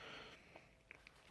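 A microSD card is handled at the card slot beside the battery in a GoPro Hero 7 Black action camera. A hiss fades out early, followed by a soft tap at 0.6 s and two brief, sharp ticks at 0.9 s and 1.1 s. The card has not seated or clicked into the slot yet.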